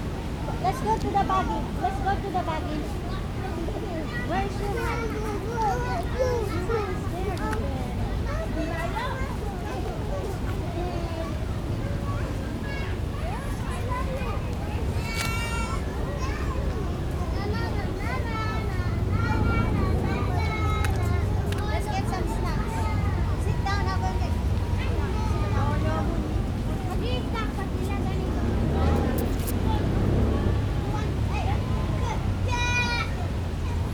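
Evening at Kensington Palace, with many voices talking at once in a steady crowd murmur, children's voices rising above it now and then. A low rumble of traffic runs underneath throughout, and sharp bright shouts or squeals break through around 15 and 29 seconds.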